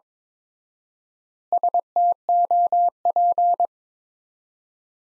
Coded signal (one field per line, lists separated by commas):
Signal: Morse code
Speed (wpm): 23 wpm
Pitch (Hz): 700 Hz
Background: none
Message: STOP